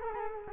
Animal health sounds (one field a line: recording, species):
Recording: mosquito wingbeat signal from an infrared sensor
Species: Culex quinquefasciatus